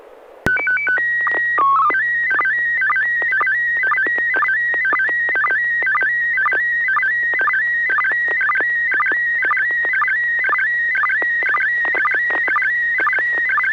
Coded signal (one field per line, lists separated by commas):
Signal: SSTV (slow-scan television)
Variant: PD 120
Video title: N6NA SSTV Net - 11/2/2022